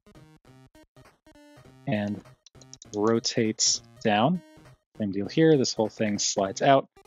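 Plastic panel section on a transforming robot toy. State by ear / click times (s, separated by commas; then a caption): not seated / none. Someone talks over background music while handling a plastic panel section of a JinBao Oversized Gravity Builder transforming robot toy, sliding it out and rotating it down, with a few faint taps early on. The panel has not clicked into place yet.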